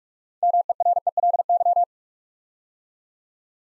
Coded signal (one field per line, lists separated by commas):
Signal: Morse code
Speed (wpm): 44 wpm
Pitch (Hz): 700 Hz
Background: none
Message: MERELY